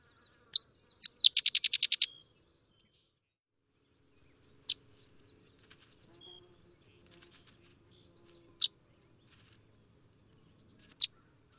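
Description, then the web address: Sedge wren delivering a high, dry song: two crisp chips and a rapid staccato chatter, followed by isolated sharp chip notes every few seconds over a quiet background. "Zoo Field Guide. Sedge Wren"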